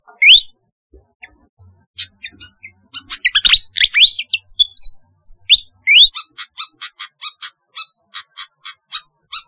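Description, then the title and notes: Flycatcher song: a high rising whistle, then jumbled sweet twittering notes, ending in a fast steady run of short sharp chips; clean background. "Kicau Burung Sikatan"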